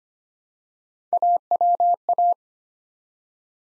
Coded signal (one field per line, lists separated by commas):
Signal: Morse code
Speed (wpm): 25 wpm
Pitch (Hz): 700 Hz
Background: none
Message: AWA